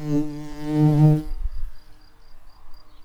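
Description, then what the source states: Tree bumblebee buzzing: a loud, low, rich droning hum lasting just over a second, then cutting off, leaving faint rustles and soft high ticks. Queens.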